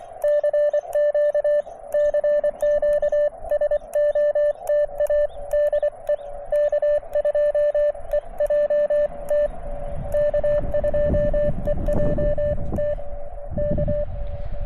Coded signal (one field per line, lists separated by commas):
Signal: Morse code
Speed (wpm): 24 wpm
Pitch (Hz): 590 Hz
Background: radio noise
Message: CQ CQ SOTA DE K2EJT K2EJT K